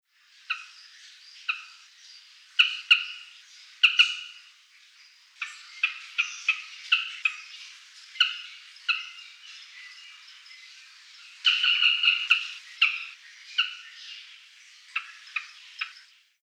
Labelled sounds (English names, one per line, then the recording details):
Northern Carmine Bee-eater
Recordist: Tembrock, Günter
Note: Gruppe: Kurzlaute